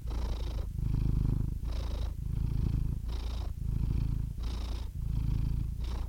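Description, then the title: Domestic cat purring, a steady low rumble swelling and fading with each breath, several breath cycles, with a faint airy hiss between phases. "The Ultimate Compilation of Adorable Cat Meows 🐱😺 #CatMeows #CuteKittens"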